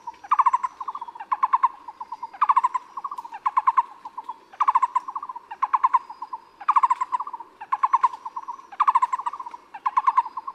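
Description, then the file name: Taiwan barbet song, repeated bursts of hollow, rapidly pulsed low notes in a steady rhythm. Recorded at Yushan. "五色鳥"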